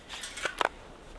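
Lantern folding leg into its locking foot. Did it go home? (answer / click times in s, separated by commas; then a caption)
no / none. A leg of an Outask telescopic lantern is folded toward its locked position in the foot, but snow packed inside the foot stops it from locking. Soft scraping rustles lead into a short knock at 0.5 s and a sharper double tap around 0.6 s, then it goes quiet. The leg has not locked into place.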